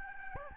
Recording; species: mosquito wingbeat signal from an infrared sensor; Aedes albopictus